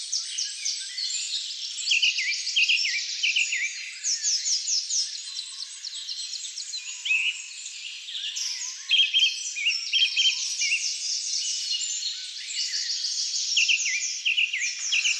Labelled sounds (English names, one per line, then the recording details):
Song Thrush song
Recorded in the wild
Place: Lilienhof / Kaiserstuhl, Baden-Württemberg, DE
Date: 2000-03-25
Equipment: MiniDisc Sharp MT 20 H
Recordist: Schwarz, Dieter
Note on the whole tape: Song